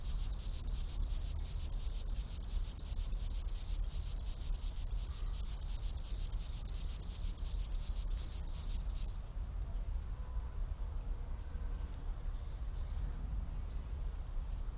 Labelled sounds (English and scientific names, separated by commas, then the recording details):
Upland Field Grasshopper (Chorthippus apricarius) stridulation
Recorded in the wild
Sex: male
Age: imago
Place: Botanische Anlage Blankenfelde, Berlin, DE
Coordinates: 52.603, 13.4
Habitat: Wiese
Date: 1997-08-10 17:20
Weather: 27°C, heiter
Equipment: Sony MD-WM MZ-R3, Sennheiser MKH 416 T, Kopie Uher 4000 Report Monitor
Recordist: Tembrock, Günter